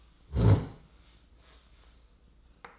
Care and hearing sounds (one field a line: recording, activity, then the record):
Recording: daily activity, microphone in the room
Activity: sit down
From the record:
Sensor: 3